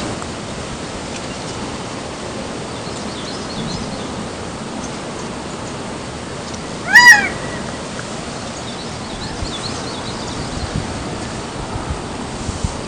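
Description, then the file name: Gambel's quail calls once midway, a single short nasal note standing out over steady outdoor noise and faint chirps. Recorded at Wetlands Park, Las Vegas, USA, in 2013. "Callipepla-gambelii-Gamble´s-Quail-Wetlands Park-LVegas USA-11-6-13-ASilveira"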